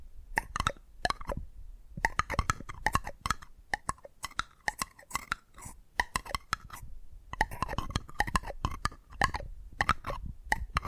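Quick tapping triggers, sharp crisp clicks and taps in dense, uneven bursts with a bright, ticking edge. The tapping pauses briefly near the 1.5-second mark and again around 7.5 seconds, then resumes at the same busy pace with a faint low thump underneath.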